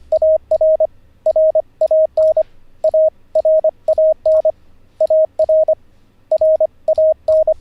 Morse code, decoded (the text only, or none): AR RAN ARAN AR RAN